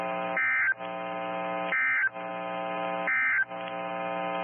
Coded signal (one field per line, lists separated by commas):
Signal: Emergency Alert System (SAME) tones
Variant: end-of-message bursts